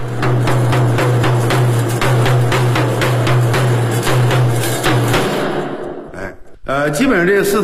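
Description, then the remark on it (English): A Taiping drum beats out a quick, steady chasing rhythm of sharp, loud strikes over a low droning hum for about five seconds, then stops and a voice begins speaking. “Another one is chasing drum.”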